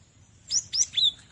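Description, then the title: Cinereous tit song phrase of three sharp, very high notes, the last one lower and longer, over a thin steady high tone. "Masteran Gelatik Batu"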